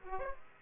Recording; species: mosquito wingbeat signal from an infrared sensor; Aedes aegypti